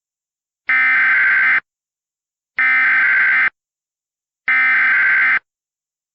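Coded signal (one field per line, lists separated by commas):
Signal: Emergency Alert System (SAME) tones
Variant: header bursts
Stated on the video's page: EAS remakes with valid tones, from hurricane-related flash flood and tornado warnings.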